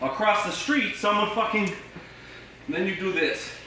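Someone talks while handling the tilt latch of a double-hung window sash against the window frame during cleaning. The latch is very tight, and nothing has seated or clicked yet.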